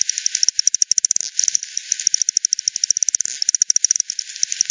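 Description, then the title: Bat calls heard as crisp ticks repeated at a rapid regular rate. Multiple bats at Hogsmill River, Hogsmill Lane, 7 October 2020 at 18:10; recording frequency-divided (FD10), band-pass filtered and resampled. "WW bat 20201007 T 18 : 10 Z-Hogsmill-Lane-Hogsmill-River-multiple-bats"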